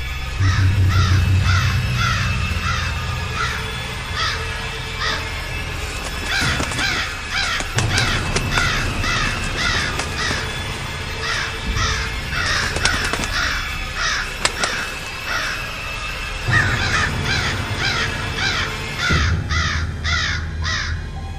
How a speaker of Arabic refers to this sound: وبمجرد ما النور وصل وقع الغطا عليا وبدا يطير من ورا الغطا غربان. فضلت تلف في الاوضه لحد ما خرجت من الباب.